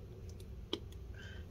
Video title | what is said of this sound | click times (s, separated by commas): 13" Inch 2019 MacBook Pro A2159 Disassembly Logicboard Logic Board Motherboard Liquid Spill Repair | if you noticed i actually twist the screwdriver backwards to hear it click into place so that way i know the screw went into the | 0.7 s